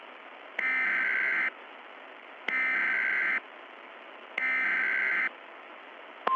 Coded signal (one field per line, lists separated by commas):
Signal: Emergency Alert System (SAME) tones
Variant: header bursts